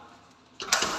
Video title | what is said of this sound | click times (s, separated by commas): BAT GANITO SABI NI CLIENT? #viralvideos #screendoor #ofw #slidingdoor #aluminum #glass | lock naka-lock na yan | 0.6 s, 0.7 s